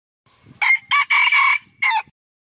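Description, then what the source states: Red junglefowl crow: one full crow of four harsh, ringing syllables, the third held longest. Rooster crowing.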